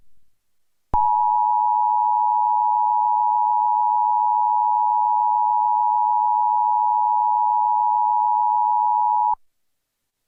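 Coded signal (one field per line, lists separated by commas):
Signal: Emergency Alert System (SAME) tones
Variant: 853 and 960 Hz attention tone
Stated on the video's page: Remake of a 2009 DIRECTV satellite TV EAS test.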